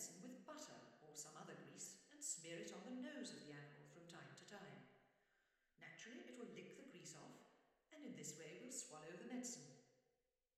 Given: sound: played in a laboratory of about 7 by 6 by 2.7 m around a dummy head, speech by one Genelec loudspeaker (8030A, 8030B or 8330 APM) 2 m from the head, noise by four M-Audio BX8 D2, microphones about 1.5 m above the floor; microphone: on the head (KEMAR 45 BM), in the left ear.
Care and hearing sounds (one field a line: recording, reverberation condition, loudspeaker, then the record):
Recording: female speech in English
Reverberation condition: high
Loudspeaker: 90 degrees to the left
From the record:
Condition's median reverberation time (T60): about 1300 ms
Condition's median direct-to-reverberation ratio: about -4.0 dB